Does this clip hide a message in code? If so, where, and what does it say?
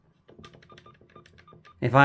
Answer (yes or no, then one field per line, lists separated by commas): no